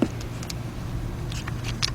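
On a 2006 Nissan Altima being reinstalled after a No A/C, blows-hot repair of the low side suction hose, a small wiring harness plug is handled near the A/C line in the engine bay before going into its sensor or component socket. Faint handling ticks and light rustles sit over a low steady hum, with the sharpest tick near 1.8 seconds. Nothing has seated or clicked yet.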